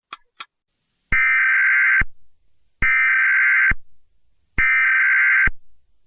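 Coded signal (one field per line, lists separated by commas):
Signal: Emergency Alert System (SAME) tones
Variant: header bursts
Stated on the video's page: Fictional, not a real EAS broadcast; made for entertainment, and the tones may or may not be valid.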